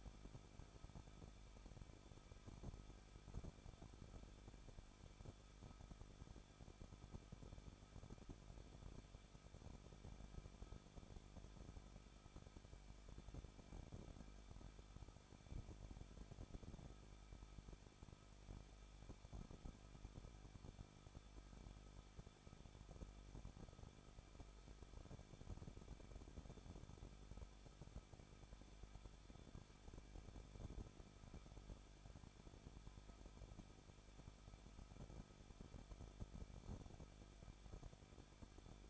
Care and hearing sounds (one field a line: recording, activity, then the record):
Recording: daily activity, microphone in the room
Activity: no activity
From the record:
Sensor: 5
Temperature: 20.8 degrees Celsius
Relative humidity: 38.3%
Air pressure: 1006.4 hPa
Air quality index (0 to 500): 188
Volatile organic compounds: 19 ppm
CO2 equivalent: 2648 ppm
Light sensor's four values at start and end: 2/3/1/1 and 2/3/1/1